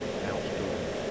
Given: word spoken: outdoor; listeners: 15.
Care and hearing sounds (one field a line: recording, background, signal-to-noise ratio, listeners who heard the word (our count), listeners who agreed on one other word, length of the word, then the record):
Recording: one English word in noise, from a listening test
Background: speech-shaped noise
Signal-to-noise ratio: -6.4 dB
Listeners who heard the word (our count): 5 of 15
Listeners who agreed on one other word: 7 of 15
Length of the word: 0.71 s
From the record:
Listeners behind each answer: 7, 5, 1, 1, 1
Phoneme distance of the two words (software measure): 7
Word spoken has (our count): 2 syllables, 4 phonemes, stress on syllable 1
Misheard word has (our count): 2 syllables, 5 phonemes, stress on syllable 2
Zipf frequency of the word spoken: 3.95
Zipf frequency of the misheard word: 3.85